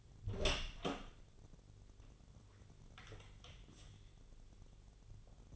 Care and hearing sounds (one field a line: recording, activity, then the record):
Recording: daily activity, microphone in the room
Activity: open door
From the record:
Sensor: 4